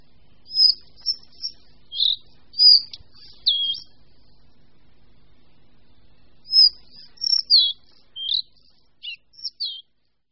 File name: Lejsek bělokrký